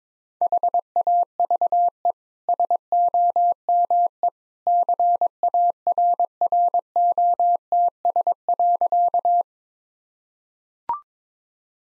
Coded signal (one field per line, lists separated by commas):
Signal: Morse code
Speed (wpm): 22 wpm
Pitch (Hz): 700 Hz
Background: none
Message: HAVE SOME CARROTS.